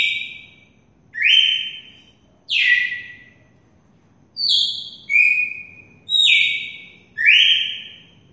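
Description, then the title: Red-cowled cardinal song of bright whistled notes with sharp rising or falling starts, delivered in irregular bursts with short gaps between. Female bird from Mossoró, singing. "Canto Galo Campina Fêmea. Galo de campina MOSSORÓ"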